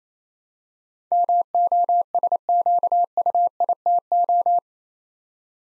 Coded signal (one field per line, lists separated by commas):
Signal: Morse code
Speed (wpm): 27 wpm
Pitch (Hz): 700 Hz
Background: none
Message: MOSQUITO